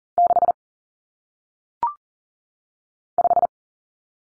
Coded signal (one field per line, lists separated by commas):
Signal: Morse code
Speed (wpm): 40 wpm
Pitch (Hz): 700 Hz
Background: none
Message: 6 5